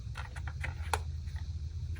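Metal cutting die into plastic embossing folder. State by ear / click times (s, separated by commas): seated / 0.9 s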